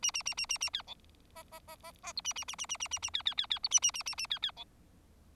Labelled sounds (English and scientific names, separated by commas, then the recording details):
Bengalese Finch (Lonchura striata domestica) song
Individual Bird4